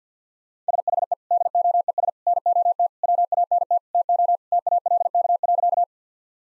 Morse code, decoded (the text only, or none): SHE DOES NOT WANT TO TALK.